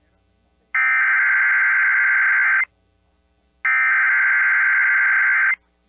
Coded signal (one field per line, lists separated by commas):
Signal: Emergency Alert System (SAME) tones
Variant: header bursts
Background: speech